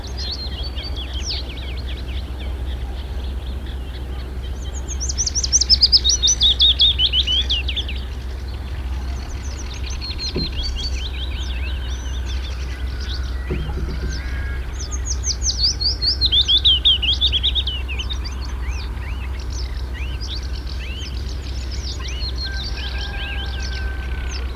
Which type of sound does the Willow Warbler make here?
song